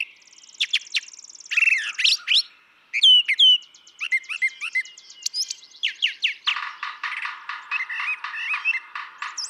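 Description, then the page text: Brown thrasher song of varied rasping, whistled and trilled phrases given in quick succession, ending in a dense run of scratchy, chattering notes. Single male's long song sequence, part of three and a quarter hours recorded from him; repertoire estimated at about 1300 songs; imitates other species. "Birdsong for the Curious Naturalist. Brown thrasher"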